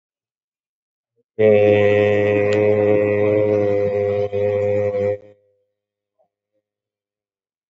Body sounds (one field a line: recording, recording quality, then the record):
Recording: sustained vowel as in made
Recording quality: excellent, no background noise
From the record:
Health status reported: COVID-19 positive, mild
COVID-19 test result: positive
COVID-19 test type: RT-PCR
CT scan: taken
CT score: 10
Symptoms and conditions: cough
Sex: male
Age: 44 years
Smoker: no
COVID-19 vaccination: none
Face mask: worn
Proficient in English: yes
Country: India